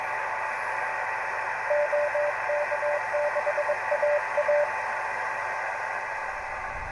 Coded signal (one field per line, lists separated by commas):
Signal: Morse code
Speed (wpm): 21 wpm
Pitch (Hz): 590 Hz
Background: radio noise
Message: OK6AA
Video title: Patcomm PC9000 Reception testing in CW